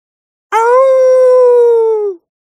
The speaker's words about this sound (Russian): Отскочив от своих противников, протяжно завыла волчица. Дроу застыли.